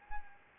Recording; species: mosquito wingbeat signal from an infrared sensor; Anopheles gambiae